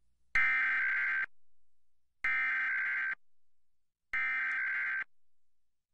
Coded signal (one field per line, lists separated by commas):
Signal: Emergency Alert System (SAME) tones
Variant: header bursts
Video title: FOX 29 KABB San Antonio Affiliate EAS Test Reconstruction 1 (2000)